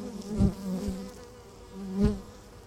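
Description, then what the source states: Honey bees buzzing in a low, steady drone, with two loud bursts as bees pass close by, around half a second and two seconds in. Beehive at Laren Gld., July 17th 2015; not a binaural recording.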